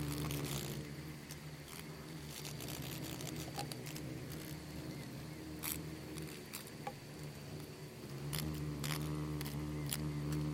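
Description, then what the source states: Insects in a swarm create a thick low drone that swells and fades, with scattered dry clicks and crackles. Bugs and beetles swarming in the Namib desert, which seems quiet at first listen but is full of micro-sounds.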